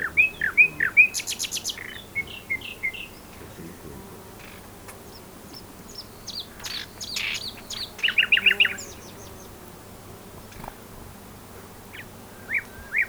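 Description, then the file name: Common nightingale singing varied phrases: quick repeated chirps, a sharp buzzy burst, scattered whistles, then a short fast trill around eight seconds, separated by pauses. "Luscinia megarhynchos"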